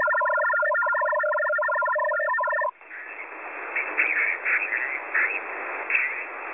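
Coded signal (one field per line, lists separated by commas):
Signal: HF data modem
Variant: F03j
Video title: F03j Data Mode 01/01/2024 1015 UTC 12089kHz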